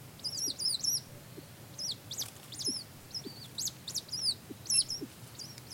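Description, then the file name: Rail calls crowding together: quick high chirps bending up and down, rapidly repeated and overlapping, over steady hiss and occasional soft low clicks. "kuina"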